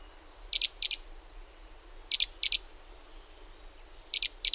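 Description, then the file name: Great tit giving brisk paired high notes, clustered in three short groups, while a soft, thin drawn-out whistle runs faintly underneath. "Parus major"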